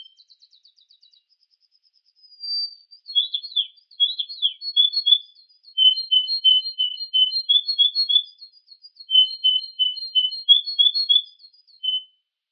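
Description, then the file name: Yorkshire canary song, faint rattles leading into quick slurred chirps, then a long series of even whistled notes at two pitches. Canary song combining Yorkshire and Russian styles. "kombinasi yorkshire vs rusia"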